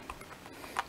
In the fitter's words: これで奥まですっかりと刺さって、はい、カチッと言いましたね。